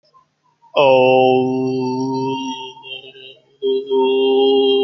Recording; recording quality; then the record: sustained vowel as in boot; excellent, no background noise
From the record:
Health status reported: healthy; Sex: male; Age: 21 years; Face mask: not worn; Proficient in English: no